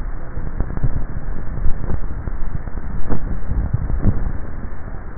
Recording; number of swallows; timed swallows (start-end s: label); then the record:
swallowing sounds by neck microphone; 1
3.48-4.12 s: swallow
From the record:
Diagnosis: dysphagia